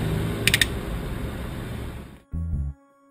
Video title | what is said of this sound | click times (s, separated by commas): Bilstein - B3 Luftfedermodul Montage MB E-Klasse S211 AIRMATIC HA by GÖHRUM Fahrzeugteile GmbH | Luftfeder mit Diagnosegerät auf maximal 0,5 bar befüllen. Halteclip muss hörbar einrasten. | 0.5 s, 0.6 s